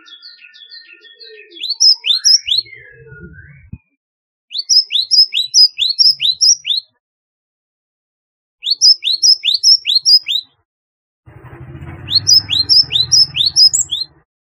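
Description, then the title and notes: Java sparrow song of clipped, high chip notes in repeated runs, opening with softer mixed twittering and closing over a low rumbling background noise. "Kicau Burung Gelatik"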